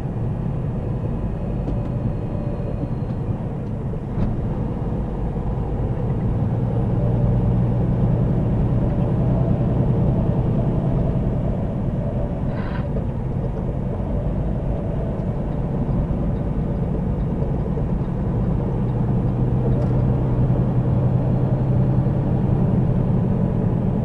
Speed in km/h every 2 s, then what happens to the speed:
92, 89, 89, 92, 95, 97, 93, 93, 93, 95, 100, 105.
0-17 steady at about 93. 17-24 speeds up to 105.